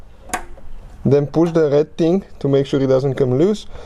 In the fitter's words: Okay, when you plug it, insert it, hear a click, then